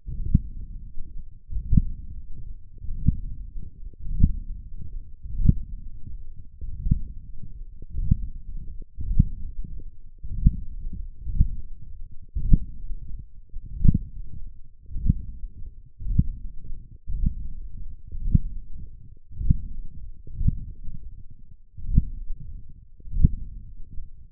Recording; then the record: forearm muscle sounds (acoustic myography)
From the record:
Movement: hand closing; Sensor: system 1, eight BSWA MPA416 microphones around the upper forearm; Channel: 2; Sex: male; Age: 21 years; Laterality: right